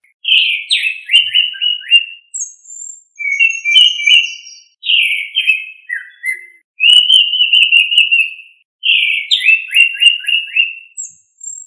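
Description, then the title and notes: Bird song of bright whistled phrases, each starting high then breaking into descending trilled notes, repeated roughly every two seconds with short silent gaps. Birds singing, Indonesia. "Kumpulan Kicau Burung Indonesia"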